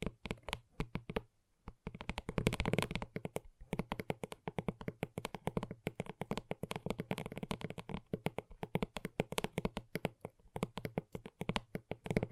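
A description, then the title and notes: Gentle tapping, a fast, irregular patter of light finger strikes that runs almost without a break. The taps come in quick clusters, some softer, some crisper, with a brief pause near the two-second mark and a denser flurry around two and a half seconds. ASMR Gentle Tapping.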